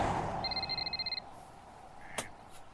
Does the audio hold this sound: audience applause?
no